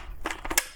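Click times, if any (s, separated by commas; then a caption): 0.6 s. A battery pack is pushed back into the battery port of an EGO string trimmer with a positive locking system. A run of short plastic knocks at about 0.3, 0.3, 0.5 and 0.5 s leads into a louder, sharper snap at 0.6 s. The pack snaps in and is seated.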